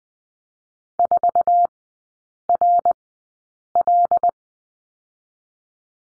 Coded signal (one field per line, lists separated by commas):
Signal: Morse code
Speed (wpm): 20 wpm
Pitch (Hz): 700 Hz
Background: none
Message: 4 R L